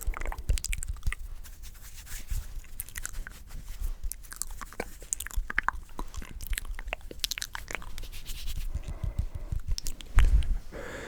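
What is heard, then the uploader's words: Close-miked mouth sounds: dense, irregular wet clicks and crunchy snaps throughout, with a louder low thump near ten seconds. ASMR The MOST Tingly MOUTH Sounds.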